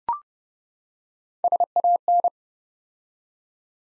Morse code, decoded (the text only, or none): SAN